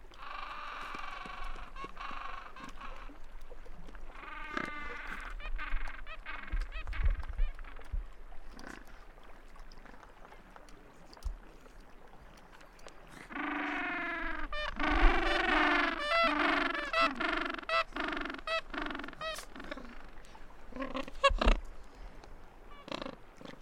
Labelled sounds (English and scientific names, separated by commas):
Gentoo Penguin (Pygoscelis papua) call